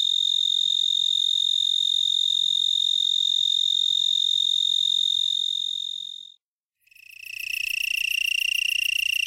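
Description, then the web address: Black-horned tree cricket trilling continuously at a high steady pitch, breaking off after about six seconds, then a slightly lower, equally steady trill follows. "The Songs of Insects. Black-horned Tree Cricket"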